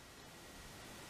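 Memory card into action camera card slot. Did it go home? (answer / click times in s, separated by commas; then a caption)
no / none. A microSD/SD memory card is handled at the card slot of a Polaroid Wave action camera, being pushed in with a thin metal tool. Only a steady, even hiss-like noise is heard, with no distinct click or impact. The card has not clicked or seated yet.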